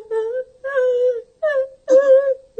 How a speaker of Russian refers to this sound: І гэта плачу яно. Несумненно.